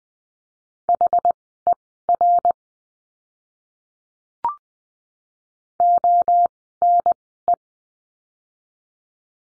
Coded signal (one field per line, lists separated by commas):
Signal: Morse code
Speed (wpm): 20 wpm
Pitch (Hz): 700 Hz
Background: none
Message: HER ONE